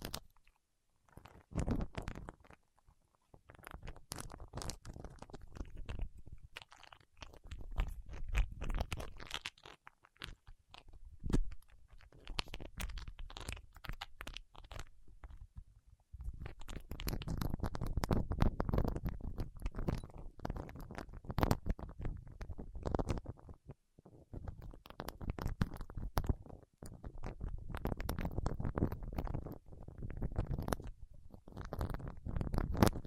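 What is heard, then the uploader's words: Fingertips work through wax in a dense run of sticky, crackling clicks and soft squishes, irregular and quick. The sound comes in bursts with brief pauses near 3, 11, 16 and 24 seconds, busier and fuller in the second half. ASMR with Wax Fingertips for Sleep (No Talking).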